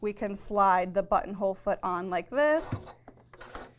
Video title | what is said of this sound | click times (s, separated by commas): Janome Skyline S7AE Sewing and Quilting Machine | Locks into place. | 3.5 s